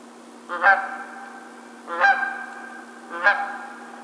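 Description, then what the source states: Canada goose honks, three loud nasal calls spaced about 1.3 seconds apart. Recorded 20 March 2007.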